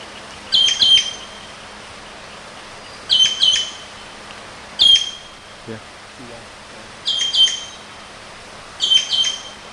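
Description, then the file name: Javan green magpie giving five bouts of sharp high whistles, mostly doubled, with a faint low thump midway. Known locally as ekek keling. "suara burung cissa thalassina ekek keling"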